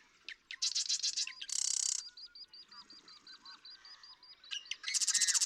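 Marsh Wren: harsh rattling trills with stuttering clicks. Another bird gives a steady series of thin repeated notes in the background.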